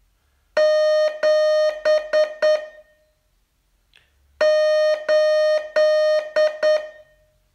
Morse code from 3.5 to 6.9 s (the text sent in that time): 8